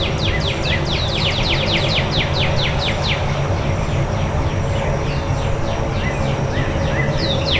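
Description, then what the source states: Bird song: dense down-slurred chirps, becoming sparser later, with a continuous low rumble. Before dawn.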